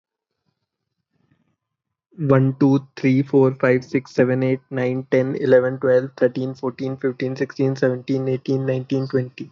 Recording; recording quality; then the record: counting at a fast pace; excellent, no background noise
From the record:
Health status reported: healthy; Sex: male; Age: 26 years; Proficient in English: yes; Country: India